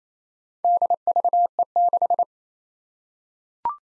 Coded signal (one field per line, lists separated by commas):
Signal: Morse code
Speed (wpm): 28 wpm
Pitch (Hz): 700 Hz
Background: none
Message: DVE6